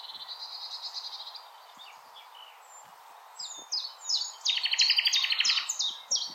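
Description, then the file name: Common nightingale song: a steady run of repeated high notes, a quieter pause, then a loud rapid buzzing trill with sharp repeated chips over it. Recorded on 16 April 2021. "Nightingale-210416"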